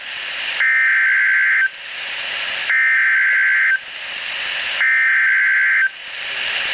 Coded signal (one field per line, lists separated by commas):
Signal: Emergency Alert System (SAME) tones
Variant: header bursts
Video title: EAS Alerts #7-9